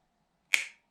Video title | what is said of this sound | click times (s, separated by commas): Glock Malfunctions | it click now it's seated and it would chamber around if it was a load of magazine so | 0.5 s